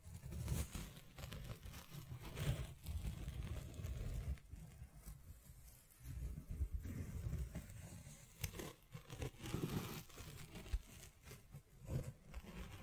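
Scratching and tapping on a surface, with rough, papery strokes that come in uneven bursts throughout. Low thuds and occasional sharper taps punctuate the scraping, with brief quieter gaps around the fourth and sixth seconds before the activity resumes.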